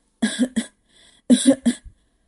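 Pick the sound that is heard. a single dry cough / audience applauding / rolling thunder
a single dry cough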